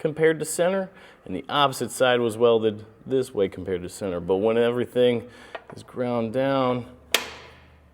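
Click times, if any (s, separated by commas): 7.2 s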